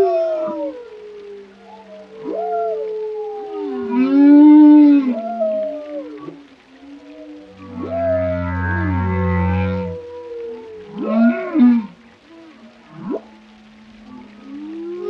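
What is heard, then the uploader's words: Whale song fills the recording: long sliding moans and swooping calls that rise and fall, with bursts of buzzy, growling tones around four, eight to ten, and twelve seconds. A low steady hum runs underneath, and the calls overlap almost continuously. A compilation of calming oceanic vibes featuring the melodic sounds of whales.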